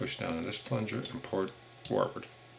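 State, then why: Not seated. Someone talks while pushing down on the plunger and sliding the rear cover plate forward into the slide of a titanium nitride gold, ported Glock 21SF pistol. Only speech and faint handling are heard. The clip ends before the cover plate snaps in, so nothing has seated yet.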